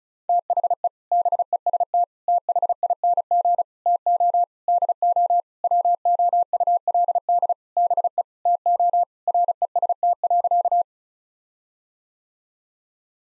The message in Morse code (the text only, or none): THE BEST THING TO DO WOULD BE TO REST.